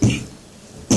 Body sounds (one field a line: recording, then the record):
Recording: coughing mixed with background sound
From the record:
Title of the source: Spring Cold Coughing.